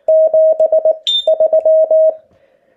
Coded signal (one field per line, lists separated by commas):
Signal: Morse code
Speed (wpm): 19 wpm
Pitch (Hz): 630 Hz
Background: none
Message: 7 3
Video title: POTA hunting